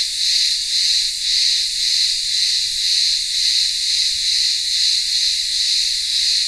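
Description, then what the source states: Cicadas produce an unbroken high-pitched buzz with gentle rhythmic swells about every half second, steady for the whole stretch. Cicadas in midday heat in a town square of a remote Greek village on Ikaria island, Greece.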